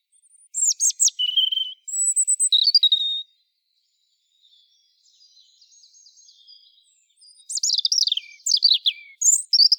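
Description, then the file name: European robin sings two short sparkling phrases of high whistles and trills, a quiet pause with faint warbling, then another tumbling, twittering phrase. "Erithacus rubecula"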